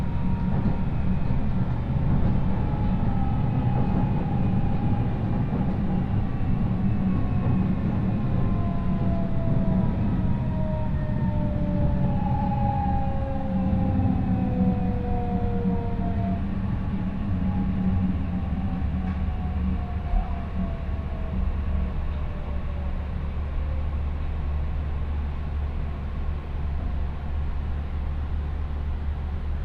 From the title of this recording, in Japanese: 鉄道旅 中央西線 恵那→高蔵寺